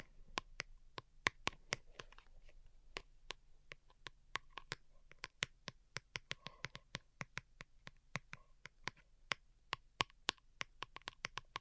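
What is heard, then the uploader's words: Delicate tapping in crisp, sharp clicks, about three or four per second, mostly evenly spaced with a few quicker doubled taps. Each tap is short and bright. A faint low hum sits underneath, with soft rustling between some taps. ASMR DELICATE Tapping for Sleep (No Talking).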